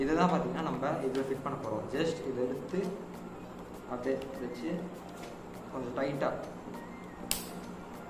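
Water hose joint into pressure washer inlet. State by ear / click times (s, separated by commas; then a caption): seated / 7.3 s. A plastic water hose joint is placed into the opened inlet fitting of an Asian Paints bike and car pressure washer and pushed in tight while someone talks, with music underneath. A short, sharp click at 7.3 seconds marks the connector seating firmly in the fitting.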